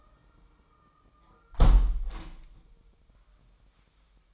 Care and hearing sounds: daily activity, microphone in the room; close window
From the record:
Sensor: 1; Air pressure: 998.5 hPa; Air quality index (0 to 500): 126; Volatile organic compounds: 3 ppm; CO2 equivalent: 1510 ppm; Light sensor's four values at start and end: 8/19/8/9 and 8/18/7/9

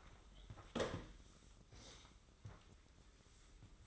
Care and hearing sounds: daily activity, microphone in the room; sweep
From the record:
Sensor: 3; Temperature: 24.5 degrees Celsius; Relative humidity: 30.4%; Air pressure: 995.9 hPa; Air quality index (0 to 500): 94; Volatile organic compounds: 12 ppm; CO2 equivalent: 2355 ppm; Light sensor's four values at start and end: 30/88/37/33 and 25/75/32/28

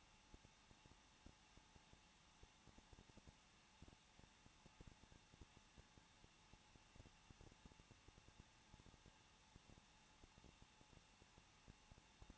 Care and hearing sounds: daily activity, microphone in the room; no activity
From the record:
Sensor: 1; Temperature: 20.1 degrees Celsius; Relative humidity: 39.1%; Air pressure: 1006.4 hPa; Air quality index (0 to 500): 216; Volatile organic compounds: 73 ppm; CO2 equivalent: 3549 ppm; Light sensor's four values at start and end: 1/2/1/1 and 1/2/1/1

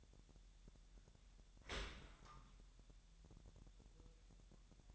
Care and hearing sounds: daily activity, microphone in the room; open dishwasher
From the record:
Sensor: 3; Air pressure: 1000.6 hPa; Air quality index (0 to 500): 248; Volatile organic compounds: 172 ppm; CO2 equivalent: 4112 ppm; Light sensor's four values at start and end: 11/26/11/10 and 11/26/11/10

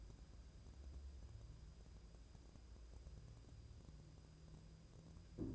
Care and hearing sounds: daily activity, microphone in the room; wipe stove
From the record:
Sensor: 2

